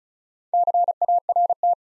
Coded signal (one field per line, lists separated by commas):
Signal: Morse code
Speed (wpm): 36 wpm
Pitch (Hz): 700 Hz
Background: none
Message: CART